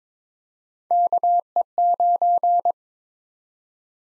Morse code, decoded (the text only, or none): KE9